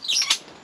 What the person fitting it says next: hop, ça s'enclenche.